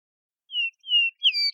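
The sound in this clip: Vesper sparrow song opening: two clear, downslurred whistled notes followed by a higher, sharper note.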